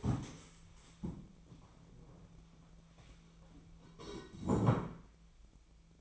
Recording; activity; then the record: daily activity, microphone in the room; stand up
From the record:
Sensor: 1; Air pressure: 1000.5 hPa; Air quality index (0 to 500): 178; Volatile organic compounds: 4 ppm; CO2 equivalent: 1642 ppm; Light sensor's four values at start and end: 12/29/12/13 and 12/28/12/13